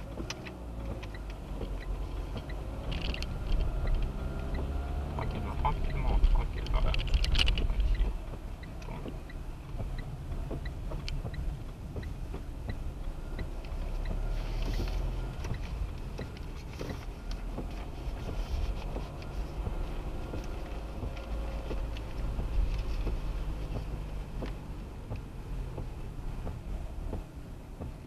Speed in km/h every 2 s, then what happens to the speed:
12, 18, 20, 17, 14, 14, 18, 21, 21, 27, 26, 25, 21, 13.
0-3 speeds up to 20. 3-10 steady at about 14. 10-19 speeds up to 27. 19-28 slows to 13.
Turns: 6-9.